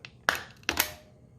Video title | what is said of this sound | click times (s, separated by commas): DETAILED REVIEW SBOLY / SURIPOW Single Serve Coffee Maker K-Cup & Coffee Grounds | okay so it pierced it and it snapped closed it's definitely closed | 0.3 s, 0.7 s